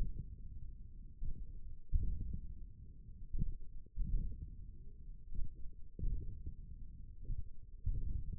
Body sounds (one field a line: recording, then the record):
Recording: forearm muscle sounds (acoustic myography)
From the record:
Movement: hand closing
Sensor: system 1, eight BSWA MPA416 microphones around the upper forearm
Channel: 2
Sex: male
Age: 28 years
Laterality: right